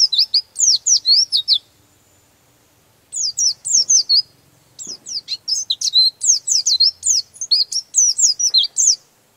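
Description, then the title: White-eye singing three runs of rapid, high, slurred chirps with short pauses, the last phrase longest and fullest. "Pleci"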